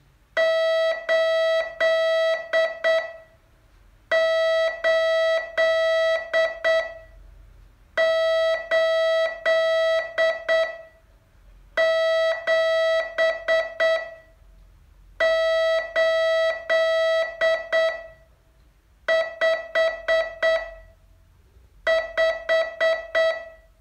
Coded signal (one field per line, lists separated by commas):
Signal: Morse code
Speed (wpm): 8 wpm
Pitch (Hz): 650 Hz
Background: none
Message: 8 8 8 7 8 5 5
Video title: Learn Morse in 42 Days from VU2LAU - day 32